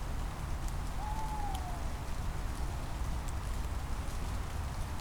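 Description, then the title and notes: Tawny Owl giving a single drawn-out hoot that slides gently downward, over a steady hiss of falling rain. Recorded on a rainy night in September 2022 in Schönbuch, Baden-Württemberg, Germany. "rainy night in Schönbuch, BaWü, DE. Featuring Red Deer, Tawny Owl, and some rain. Recorded September 2022."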